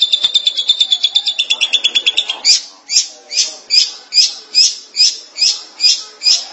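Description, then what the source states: Long-tailed Shrike song starting with a rapid run of high rasping notes, then a steady series of harsh chattering notes about every half second. Recorded in March 2017.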